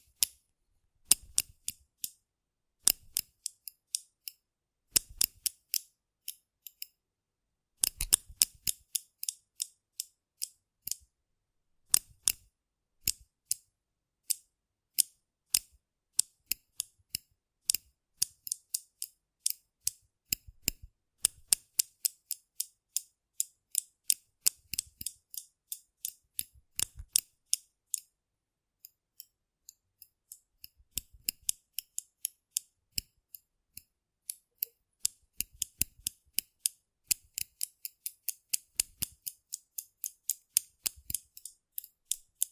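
Rough brain cleaning and picking, heard as sharp, bright snipping clicks like scissors or metal tools. They come in sparse, irregular bursts for the first fifteen seconds, then grow quicker and denser, with near silence between each click.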